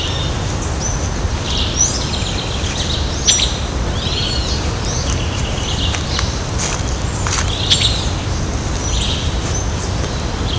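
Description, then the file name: Streaked flycatcher calling with repeated squeaky, slurred high notes, against constant low-pitched ambient noise. Recorded at Ibirapuera, São Paulo, Brazil. "Myiodynastes-maculatus-Ibirapuera-SP-BR-7-12-12-ASIlveira"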